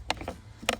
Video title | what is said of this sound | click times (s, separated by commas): CINCINNATI DAD: Audi TT Gets A New Shifter Bushing! | is that a good sign and it made a little clicky | 0.1 s, 0.7 s